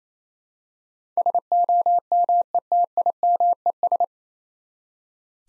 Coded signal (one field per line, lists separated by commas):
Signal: Morse code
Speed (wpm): 28 wpm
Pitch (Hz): 700 Hz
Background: none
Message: SOMETIMES